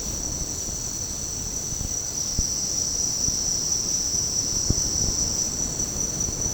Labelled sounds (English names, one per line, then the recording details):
none
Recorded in secondary vegetation near Puerto Asís, Putumayo, Colombia, on 18 February 2024 at 08:30
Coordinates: 0.489, -76.322
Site G6419